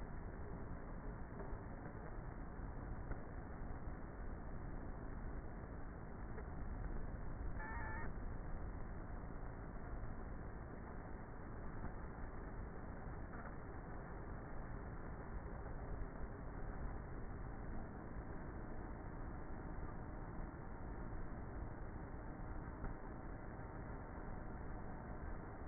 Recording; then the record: honeybee colony, microphone inside the hive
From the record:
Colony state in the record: queenless with a low population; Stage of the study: before two queens were removed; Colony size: about 30,000 bees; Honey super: no